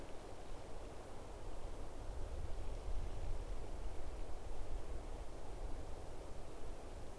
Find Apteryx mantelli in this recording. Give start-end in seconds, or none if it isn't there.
none